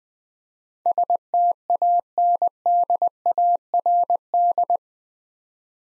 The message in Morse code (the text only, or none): STANDARD